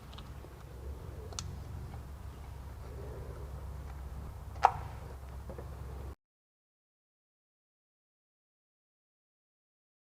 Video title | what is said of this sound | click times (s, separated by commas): 2006 Honda Element Tune Up | and this little lip right here you'll hear click as it goes into the lip of the valve cover | 1.4 s, 4.7 s